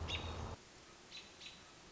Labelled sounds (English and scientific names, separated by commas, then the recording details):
American Robin (Turdus migratorius)
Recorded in Sonoma County, California